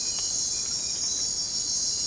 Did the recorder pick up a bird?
no